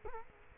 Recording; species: mosquito wingbeat signal from an infrared sensor; Culex quinquefasciatus